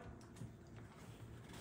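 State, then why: Not seated. A front wheel is positioned and lined up on the wheel mount of a Delta Children Jeep stroller frame, giving quiet handling noise with faint knocks around 0.2 s and 0.8 s. The wheel has not seated or clicked into place yet.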